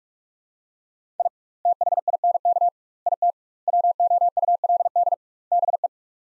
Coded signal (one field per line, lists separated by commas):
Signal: Morse code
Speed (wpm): 41 wpm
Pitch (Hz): 700 Hz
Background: none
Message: I THINK IT WOULD BE